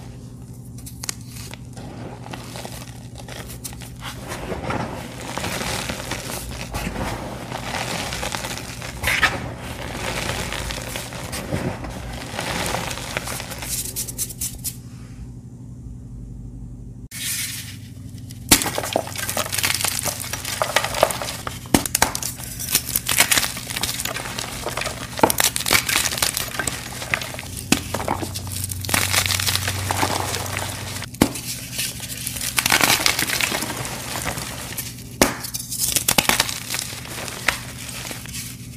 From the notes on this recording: 8 blocks of crispy dyed gym chalk dipped in dusty Bon Ami paste.